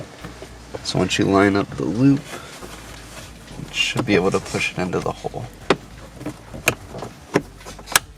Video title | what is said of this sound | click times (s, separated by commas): How to install GROM VLine VL2 / VLite VT2 into glove box CarPlay Android Auto Infiniti Nissan NIS9 | there we go once we've heard that click and we wiggle it we know it's in there | 8.0 s